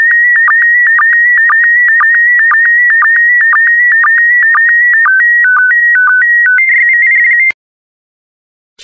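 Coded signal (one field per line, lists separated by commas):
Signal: SSTV (slow-scan television)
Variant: PD120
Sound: steady warbling high tone with regular short lower blips, then stepped tones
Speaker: complete you can now check your decoded image against the picture that is shown on the video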